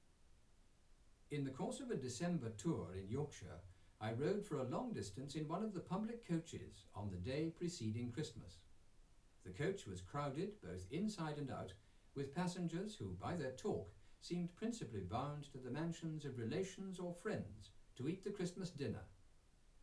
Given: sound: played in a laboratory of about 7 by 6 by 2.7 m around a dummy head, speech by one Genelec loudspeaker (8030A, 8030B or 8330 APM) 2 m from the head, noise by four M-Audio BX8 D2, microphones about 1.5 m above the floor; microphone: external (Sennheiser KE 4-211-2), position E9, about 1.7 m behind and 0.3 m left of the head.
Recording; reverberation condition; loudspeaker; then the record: male speech in English; low; 30 degrees to the right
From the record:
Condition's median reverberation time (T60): about 310 ms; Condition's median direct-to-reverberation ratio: about 3.5 dB